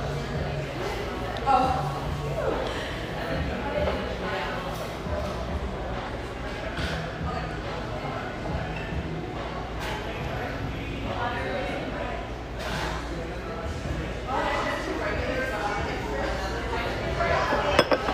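Steady murmur of overlapping voices fills a busy café, with no single conversation standing out. Occasional sharper clatters and knocks, likely dishes or cups, pop up around 1.5, 12.5 and near 18 seconds, over a constant low rumble.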